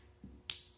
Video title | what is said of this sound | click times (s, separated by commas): Vostok Branded Mesh Strap Review - Vintage to the Core! | clicks into place and then you close the secondary latch all over the top and there you go so | 0.5 s